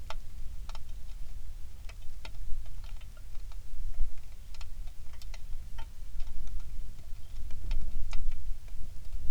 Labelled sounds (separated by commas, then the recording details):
bird, wind, rain
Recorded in the Prudhoe Bay oil fields, Alaska, on 27 July 2019 at 18:19
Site 19